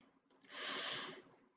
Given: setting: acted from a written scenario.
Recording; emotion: vocal sound without words; confusion